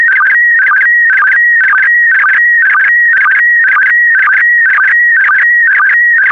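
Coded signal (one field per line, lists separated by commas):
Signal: SSTV (slow-scan television)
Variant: PD120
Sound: warbling, shifting tone with a rhythmic click about twice a second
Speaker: the next image transmission will start in 10 seconds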